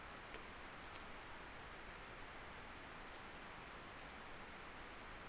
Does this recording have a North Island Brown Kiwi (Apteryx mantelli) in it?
no